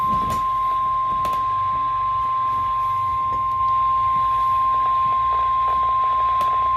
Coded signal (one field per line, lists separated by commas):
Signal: Emergency Alert System (SAME) tones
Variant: 1050 Hz attention tone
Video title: EAS 146-147: JUST SOME SEVERE THUNDERSTORM WARNINGS